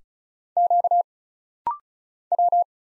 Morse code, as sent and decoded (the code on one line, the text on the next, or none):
--.- / .--
Q W